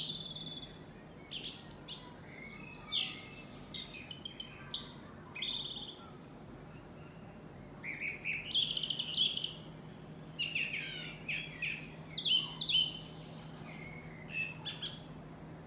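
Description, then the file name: Bird giving bursts of busy, scratchy chirps and short whistled notes in irregular clusters, with pauses between, over a faint low hum. "unknownbird"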